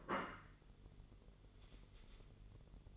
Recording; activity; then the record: daily activity, microphone in the room; place plate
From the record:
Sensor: 4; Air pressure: 1002.9 hPa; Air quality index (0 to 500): 248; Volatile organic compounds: 20 ppm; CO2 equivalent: 2689 ppm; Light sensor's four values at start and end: 5/12/4/5 and 5/12/4/5